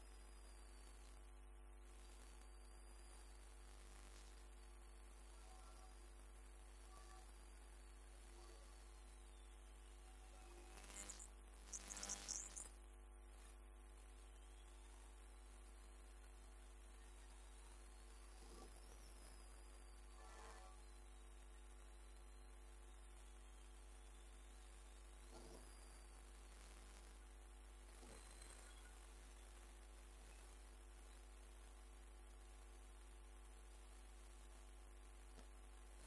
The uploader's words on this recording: EMF Detector experiment. This is an example of what can be heard through an EMF Detector*, via audio cassette tape (because my phone would not co-operate).